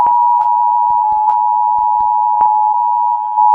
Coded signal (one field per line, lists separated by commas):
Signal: Emergency Alert System (SAME) tones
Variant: 853 and 960 Hz attention tone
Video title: All of Oceanians EAS Alarms